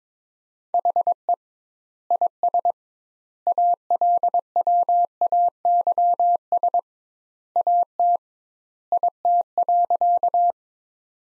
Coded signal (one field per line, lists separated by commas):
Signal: Morse code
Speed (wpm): 22 wpm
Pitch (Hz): 700 Hz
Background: none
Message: HE IS ALWAYS AT IT.